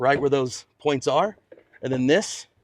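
A man talks while lining up the plastic glove box clips with their slots in the dashboard of an F150 Lightning and pushing the glove box on. The clip ends before the glove box goes home, so nothing has seated or clicked yet.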